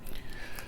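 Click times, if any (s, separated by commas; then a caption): 0.6 s. A plastic protective cap is pressed onto a printer ink cartridge so the ink does not dry out. After a couple of faint handling sounds near the start, a short sharp click at 0.6 s marks the cap seating in place.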